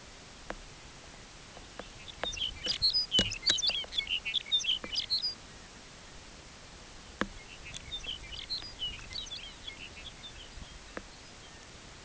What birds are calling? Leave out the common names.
Calcarius lapponicus